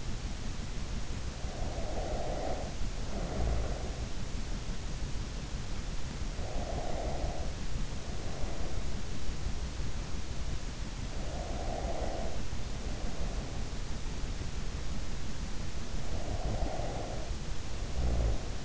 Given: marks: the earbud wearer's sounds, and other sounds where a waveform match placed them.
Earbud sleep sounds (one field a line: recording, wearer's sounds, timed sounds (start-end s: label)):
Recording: sounds in sleep by an in-ear microphone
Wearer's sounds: breath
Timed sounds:
1.18-4.24 s: breath
6.11-9.43 s: breath
11.05-13.98 s: breath
15.67-18.65 s: breath